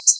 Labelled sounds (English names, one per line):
Common Yellowthroat flight call